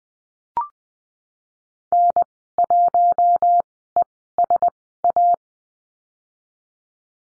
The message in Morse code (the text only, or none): N1ESA